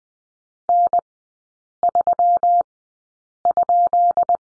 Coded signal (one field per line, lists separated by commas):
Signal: Morse code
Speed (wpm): 20 wpm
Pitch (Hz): 700 Hz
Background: none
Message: N3?